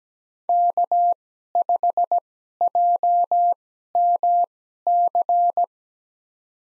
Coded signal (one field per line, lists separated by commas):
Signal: Morse code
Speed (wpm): 17 wpm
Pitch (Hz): 700 Hz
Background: none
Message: K5JMC